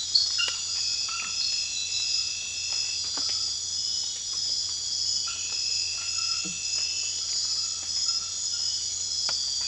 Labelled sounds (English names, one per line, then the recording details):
none
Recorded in secondary vegetation near Puerto Asís, Putumayo, Colombia, on 8 March 2025 at 01:00
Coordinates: 0.498, -76.327
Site G001